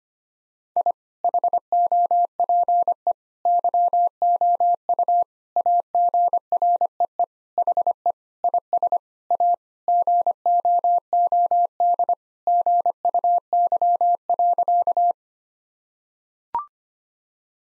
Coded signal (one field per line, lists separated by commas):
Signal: Morse code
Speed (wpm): 25 wpm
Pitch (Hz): 700 Hz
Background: none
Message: I HOPE YOU AGREE HE IS A GOOD GUY.